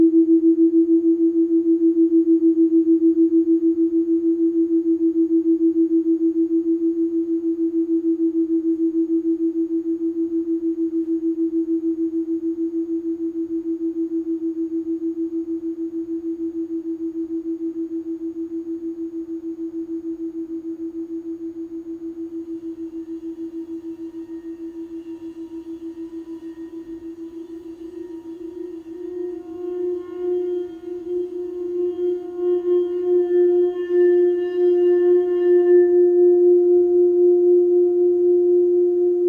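A sound bath tone rings as one steady low hum, slowly fading for the first half. Around 27 seconds it swells again with a wavering, pulsing quality, and brighter overtones shimmer above it until the end.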